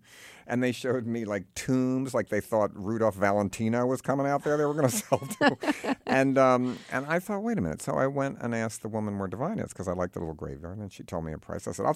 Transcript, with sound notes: And they showed me, like, tombs, like they thought Rudolph Valentino was coming out there they were going to sell to (laughter).
(Laughter).
And I thought, wait a minute. So I went and asked the woman where Divine is because I liked the little graveyard. And she told me a price.